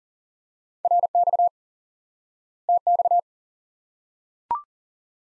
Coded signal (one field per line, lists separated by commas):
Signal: Morse code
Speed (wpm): 40 wpm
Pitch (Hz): 700 Hz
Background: none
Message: RX TX